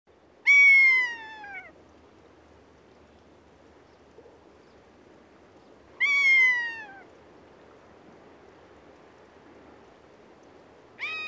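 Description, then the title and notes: Rough-legged Buzzard mewing calls, loud, drawn-out descending mews about every five to six seconds, the third cut off at the end, over a quiet background hiss. Call described as a long-sounding, high mew. "Piekana. Riku Lumiaro"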